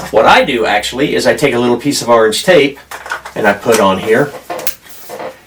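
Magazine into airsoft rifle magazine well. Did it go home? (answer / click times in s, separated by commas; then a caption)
yes / 4.7 s. A magazine with a small orange tape pull tab is inserted into the magazine well in the stock of a Novritsch SSG10 A1 airsoft rifle. Someone talks through most of the clip, then a short sharp click is heard as the magazine seats at 4.7 s.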